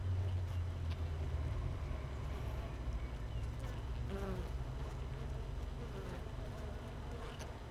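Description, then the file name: Honey bees humming in a hive, a loud deep drone with a short higher buzz partway through. Hive 1 without a queen, recorded 31 May 2018 at 15:30. "Hive 1 31 05 2018 NO Queen Bee H 1"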